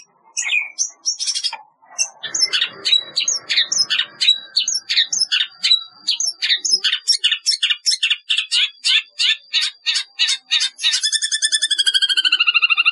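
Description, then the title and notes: Long-tailed shrike song, a rapid varied stream of chirps, trills and harsh notes, ending in a fast series of high whistled slurs. "Kicau Burung Cendet"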